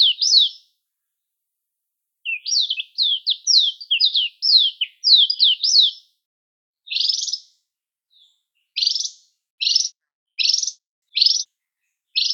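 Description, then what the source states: Mayotte white-eye giving high twittering notes, then a series of short, harsher chip calls. Recorded on Mayotte; local name shilaputu.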